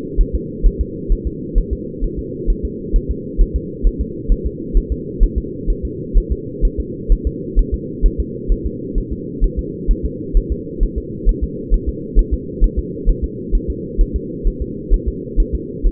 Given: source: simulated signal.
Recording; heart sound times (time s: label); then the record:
fetal heart sounds
0.21 s: S1
0.35 s: S2
0.66 s: S1
0.81 s: S2
1.12 s: S1
1.27 s: S2
1.58 s: S1
1.73 s: S2
2.04 s: S1
2.19 s: S2
2.50 s: S1
2.65 s: S2
2.96 s: S1
3.11 s: S2
3.41 s: S1
3.56 s: S2
3.87 s: S1
4.01 s: S2
4.32 s: S1
4.46 s: S2
4.77 s: S1
4.92 s: S2
5.23 s: S1
5.38 s: S2
5.70 s: S1
5.85 s: S2
6.18 s: S1
6.32 s: S2
6.65 s: S1
6.80 s: S2
7.12 s: S1
7.27 s: S2
7.59 s: S1
7.74 s: S2
8.06 s: S1
8.20 s: S2
8.52 s: S1
8.66 s: S2
8.98 s: S1
9.13 s: S2
9.44 s: S1
9.59 s: S2
9.91 s: S1
10.05 s: S2
10.37 s: S1
10.52 s: S2
10.83 s: S1
10.98 s: S2
11.29 s: S1
11.43 s: S2
11.74 s: S1
11.89 s: S2
12.19 s: S1
12.34 s: S2
12.64 s: S1
12.79 s: S2
13.09 s: S1
13.24 s: S2
13.55 s: S1
13.70 s: S2
14.01 s: S1
14.16 s: S2
14.48 s: S1
14.62 s: S2
14.94 s: S1
15.08 s: S2
15.40 s: S1
15.55 s: S2
15.87 s: S1
From the record:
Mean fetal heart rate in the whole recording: 130 bpm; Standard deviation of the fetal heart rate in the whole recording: 2 bpm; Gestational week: 38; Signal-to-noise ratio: -4.1 dB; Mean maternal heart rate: no maternal heart sound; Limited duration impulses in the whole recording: absent